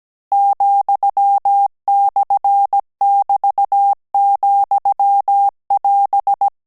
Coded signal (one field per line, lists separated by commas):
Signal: Morse code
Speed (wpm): 17 wpm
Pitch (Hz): 800 Hz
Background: none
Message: ,/<BT>,<AS>